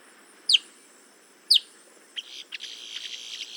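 Boat-tailed grackle calls: two steep, squeaky downslurred notes a second apart, followed by a buzzy, ragged rattle over faint background hiss.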